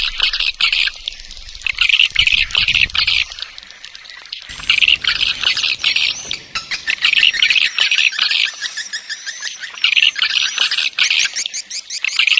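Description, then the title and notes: Swiftlet chirps, buzzy high bursts repeated with short gaps, some thin whistled notes, and a low rumble early on. Swiftlet farming sound from Asia. "Swiflet Bird Sound. Farming Swiflet Bird asia sound"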